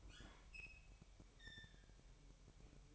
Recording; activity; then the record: daily activity, microphone in the room; open fridge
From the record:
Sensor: 1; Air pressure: 1002.0 hPa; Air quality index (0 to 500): 240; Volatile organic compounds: 45 ppm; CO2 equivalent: 3232 ppm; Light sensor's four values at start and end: 8/28/10/11 and 8/28/10/11